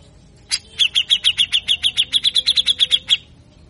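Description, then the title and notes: Grey-cheeked bulbul song: one burst of rough, clipped notes repeated quickly and evenly at a single pitch, ending sharply, with silence before and after. Actively singing bird with a harsh rapid-burst song style (besetan kasar), used to train other birds and provoke them to sing. "MASTERAN CUCAK JENGGOT GACOR FULL BESETAN KASAR. Masteran Dan Pancingan cucak jenggot Gacor Efektif Pancing bunyi. Burung cucak jenggot"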